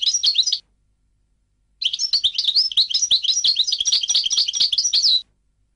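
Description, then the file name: European goldfinch song: a short twittering burst, a pause, then a sustained three-second stream of quick, tinkling, varied notes. "audio burung goldfinch"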